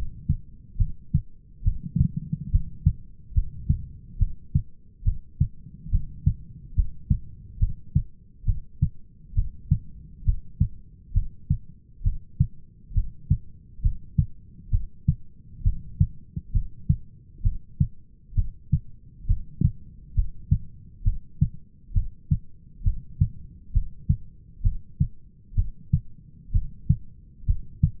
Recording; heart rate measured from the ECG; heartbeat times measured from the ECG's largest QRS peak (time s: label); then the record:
heart sounds by stethoscope; 67 bpm
0.79 s: heartbeat
1.66 s: heartbeat
2.53 s: heartbeat
3.36 s: heartbeat
4.20 s: heartbeat
5.06 s: heartbeat
5.92 s: heartbeat
6.76 s: heartbeat
7.61 s: heartbeat
8.47 s: heartbeat
9.36 s: heartbeat
10.26 s: heartbeat
11.15 s: heartbeat
12.05 s: heartbeat
12.95 s: heartbeat
13.83 s: heartbeat
14.72 s: heartbeat
15.65 s: heartbeat
16.54 s: heartbeat
17.44 s: heartbeat
18.36 s: heartbeat
19.28 s: heartbeat
20.16 s: heartbeat
21.05 s: heartbeat
21.95 s: heartbeat
22.85 s: heartbeat
23.74 s: heartbeat
24.64 s: heartbeat
25.57 s: heartbeat
26.54 s: heartbeat
27.47 s: heartbeat
From the record:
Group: heart failure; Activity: rest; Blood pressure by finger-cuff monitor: 128/89 mmHg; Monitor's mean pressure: 103 mmHg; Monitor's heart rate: 68 bpm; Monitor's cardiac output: 6.2 L/min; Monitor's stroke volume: 92 mL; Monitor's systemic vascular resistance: 1230 dyn s/cm5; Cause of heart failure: idiopathic cardiomyopathy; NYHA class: 1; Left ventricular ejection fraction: 50%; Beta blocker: bisoprolol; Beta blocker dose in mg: 5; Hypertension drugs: candesartan, spironolactone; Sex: male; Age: 54 years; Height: 180 cm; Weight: 94.6 kg